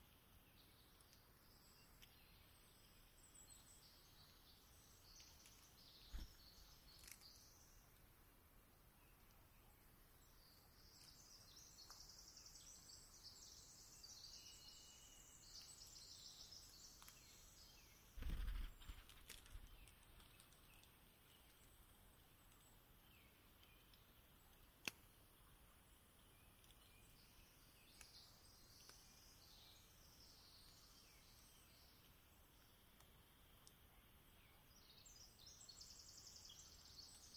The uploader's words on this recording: Twilight, Dawn, and Sunrise in the Olympic National Forest, on Rugged Ridge near Sitkum and Calawah Rivers. Species include: Western Screech Owl, Varied Thursh, Pacific Wren, American Robin.